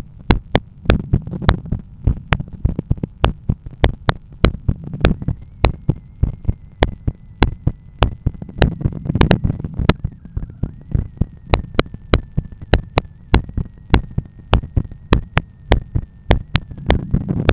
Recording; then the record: heart sounds by stethoscope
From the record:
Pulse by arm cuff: 102 bpm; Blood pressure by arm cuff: 133/81 mmHg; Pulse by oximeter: 101 bpm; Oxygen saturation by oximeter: 96%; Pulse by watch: 98 bpm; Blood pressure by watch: 132/87 mmHg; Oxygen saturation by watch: 97%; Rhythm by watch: sinus rhythm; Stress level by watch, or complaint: medium stress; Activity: after brunch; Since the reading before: plus 4000 steps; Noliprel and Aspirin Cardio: after pills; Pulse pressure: 52 mmHg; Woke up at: 7:20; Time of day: 13:45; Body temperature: 36.2 C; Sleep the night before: 7 h 55 min, score 79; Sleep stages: REM 22%, light 61%, deep 7%, awake 10%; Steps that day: 8800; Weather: sunny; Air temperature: 22.3 C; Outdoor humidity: 62%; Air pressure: 1013 hPa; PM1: 5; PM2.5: 8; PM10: 9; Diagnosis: hypertension, treated with Noliprel and Aspirin Cardio 100 mg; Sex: male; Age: 53 years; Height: 174 cm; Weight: 81 kg